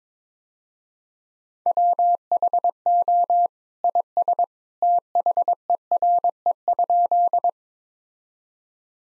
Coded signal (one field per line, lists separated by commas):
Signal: Morse code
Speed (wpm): 22 wpm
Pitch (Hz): 700 Hz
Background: none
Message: WHO IS THERE?